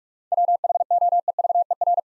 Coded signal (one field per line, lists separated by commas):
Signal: Morse code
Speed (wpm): 44 wpm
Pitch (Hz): 700 Hz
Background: none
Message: WHOEVER